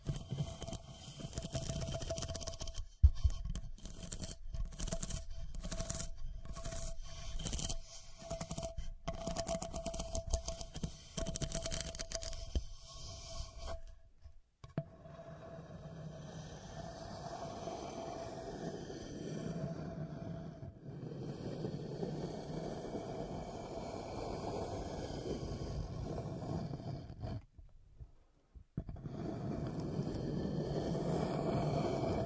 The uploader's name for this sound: Pure Scratching